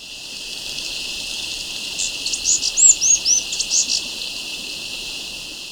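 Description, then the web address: Neblina Metaltail high thin calls: a quick run of several squeaky, arched notes in under two seconds, over a steady high hiss. Recorded in Ecuador. "Natures Songs S America Birds of Ecuador. Neblina Metaltail"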